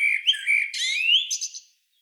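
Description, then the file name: Common blackbird phrase of fluty, wavering whistles sliding up and down, ending in a thin, high, scratchy twitter, then quiet. "Turdus merula"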